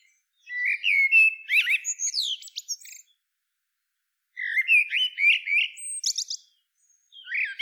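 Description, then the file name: Common blackbird song: two phrases, each opening with low mellow warbled whistles and ending in a squeaky high twitter, separated by a pause of over a second, then the start of a third. "Turdus merula"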